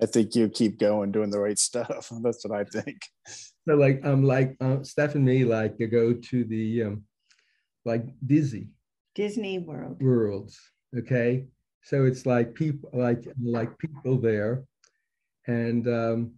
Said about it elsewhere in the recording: 36 years with aphasia. It's easier for you to write the word than it is for you to say the word.